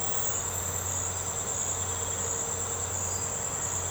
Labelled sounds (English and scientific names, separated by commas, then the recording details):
none
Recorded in secondary vegetation near Puerto Asís, Putumayo, Colombia, on 21 March 2025 at 01:00
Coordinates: 0.468, -76.324
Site G059